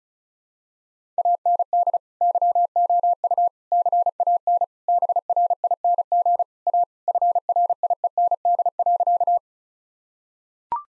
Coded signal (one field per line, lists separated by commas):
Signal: Morse code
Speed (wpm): 34 wpm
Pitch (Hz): 700 Hz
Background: none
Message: AND YOU CAN BRING A FRIEND.